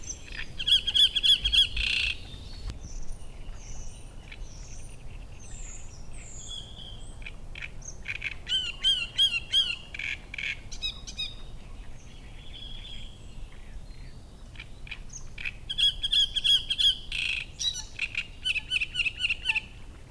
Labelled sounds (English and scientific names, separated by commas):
Great Reed Warbler (Acrocephalus arundinaceus)